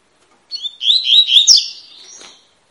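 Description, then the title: Double-collared seedeater giving a short, lively song of slurred whistled notes with a few sharp clicks, trailing off into a soft high tone. Tui-tui song type, fibra bird; a teacher (professor) song used to train young birds. "COLEIRO TUI TUI FIBRA"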